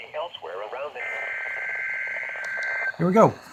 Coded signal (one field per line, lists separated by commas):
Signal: Emergency Alert System (SAME) tones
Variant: header bursts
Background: speech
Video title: Severe Thunderstorm Watch (EAS 405)